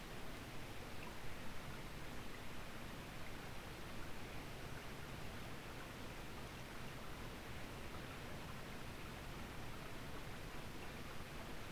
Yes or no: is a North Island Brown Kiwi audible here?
no